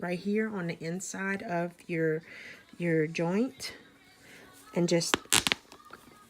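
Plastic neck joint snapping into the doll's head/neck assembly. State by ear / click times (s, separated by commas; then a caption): seated / 5.5 s. Someone talks while pressing on the inside of a plastic neck joint on a cloth baby doll. A sharp click is heard at 5.5 s as the two joint halves snap together, followed by a couple of faint ticks. The plastic neck joint is seated into the doll's head and neck assembly.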